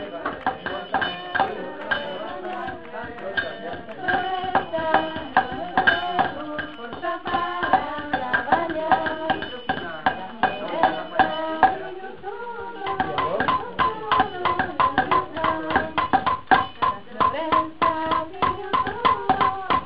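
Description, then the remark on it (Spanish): Women of San Marcos Sierras chop hay bales with machetes, for a mud mix to plaster a small school, in quick, steady strikes, a dense run of sharp thwacks that quickens in the second half, while the women sing continuously over the chopping. “Son hermosas, son mujeres de San Marcos Sierras que cantan mientras machetean fardo, que va a integrar una mezcla de barro para hacer un revoque grueso de una escuelita, la escuelita libre que se está creando en el Quilpo,”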